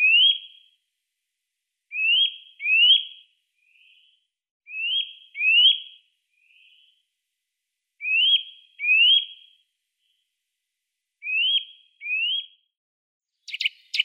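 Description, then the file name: Eurasian nuthatch calls: clear, upward-sweeping whistled notes, mostly in pairs, repeated every couple of seconds with a few fainter notes between, ending in a brief rustle. "Kleiber Sitta europaea"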